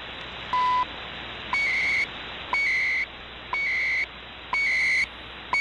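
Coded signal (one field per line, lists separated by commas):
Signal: radio time signal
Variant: CHU, 300-baud FSK timecode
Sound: short ticks each second, each followed by a half-second warbling data chirp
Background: radio static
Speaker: now I will switch w6 l vp lu w 6 lv beat loop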